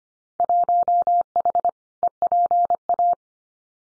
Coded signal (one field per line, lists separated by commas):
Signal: Morse code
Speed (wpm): 25 wpm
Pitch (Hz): 700 Hz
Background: none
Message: 1H EPA